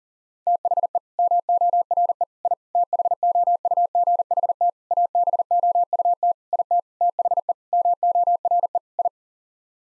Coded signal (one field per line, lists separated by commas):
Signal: Morse code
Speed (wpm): 40 wpm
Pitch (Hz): 700 Hz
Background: none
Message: THE MORE I THOUGHT ABOUT IT THE MORE I